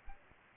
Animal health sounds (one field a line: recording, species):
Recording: mosquito wingbeat signal from an infrared sensor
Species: Aedes albopictus